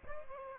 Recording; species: mosquito wingbeat signal from an infrared sensor; Aedes albopictus